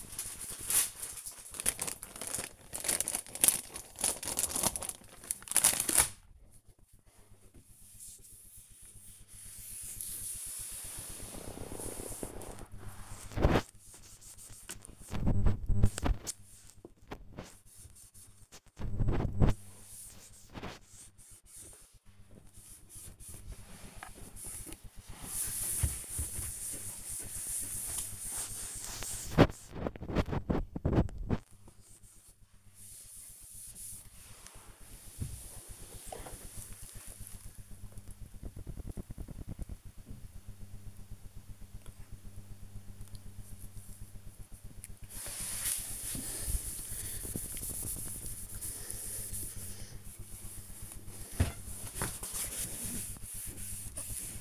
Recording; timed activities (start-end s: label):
household activities, microphone on the right wrist
0.00-54.41 s: cleaning the cupboard